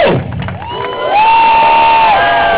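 A crowd at a protest march caravan in Chihuahua, Mexico, shouts "¡Justicia!" together, voices swelling into one long, loud, steady cry that holds its pitch for over a second before dropping off at the end.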